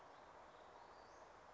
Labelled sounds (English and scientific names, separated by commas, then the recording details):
Western Flycatcher (Empidonax difficilis)
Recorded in Sonoma County, California